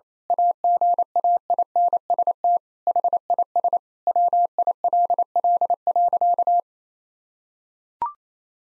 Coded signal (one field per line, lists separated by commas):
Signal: Morse code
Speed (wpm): 28 wpm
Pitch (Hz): 700 Hz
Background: none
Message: AGAINST HIS WILL.